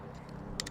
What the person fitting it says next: And you'll hear they click back in there.